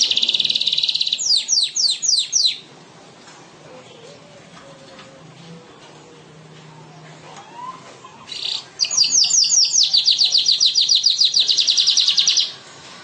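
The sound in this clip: Bird song: a high trilling phrase of rapid downslurred notes, a quiet gap with faint low noise, then a longer trill of repeated high notes.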